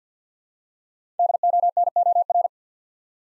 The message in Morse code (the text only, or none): DONOR